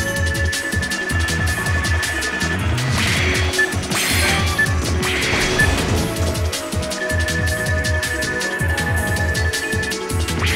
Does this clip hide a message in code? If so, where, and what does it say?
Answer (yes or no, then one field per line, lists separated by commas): no